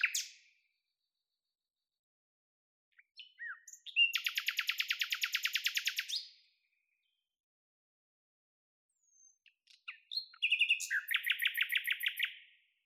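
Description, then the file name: Common nightingale pouring out two long, rapid bursts of repeated notes, each introduced by a few soft, thin notes. "Luscinia megarhynchos"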